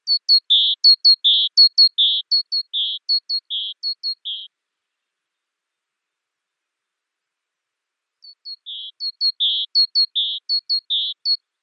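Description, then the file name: Great tit giving rhythmic call series, paired high slurred notes alternating with buzzy lower churrs, a long silent gap, then a fainter bout that strengthens. "Parus major"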